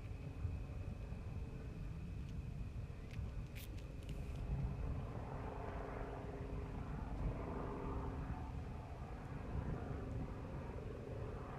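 Outdoor city sound on the Fourth of July in Los Angeles: a dense, steady low rumble like traffic fills the whole stretch, with a thin constant whine above it. A few faint, sharp pops sound around the third and fourth seconds.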